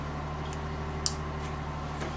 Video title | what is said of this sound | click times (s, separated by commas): LED Cube lights Jeep | You got a click. | 1.1 s